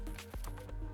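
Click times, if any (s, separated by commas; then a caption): none. The male connector on the adapter of a wireless and battery module is lined up with the female board-to-board connector on a Proxmark 5 and handled, with short soft knocks near 0.2 s and 0.4 s over a steady low hum and tonal background. Nothing has seated or clicked yet, and the connector is not yet home.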